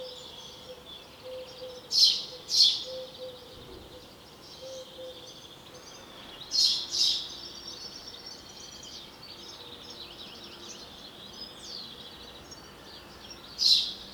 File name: Passer domesticus